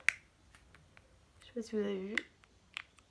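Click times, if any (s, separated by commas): 0.1 s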